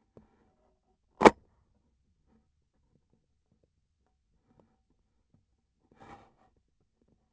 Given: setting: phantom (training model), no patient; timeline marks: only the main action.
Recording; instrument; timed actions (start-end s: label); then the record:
laparoscopic instrument, vibration sensor on the handle end; scissors
1.16-1.37 s: cutting PTFE tape
From the record:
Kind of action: gesture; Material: PTFE tape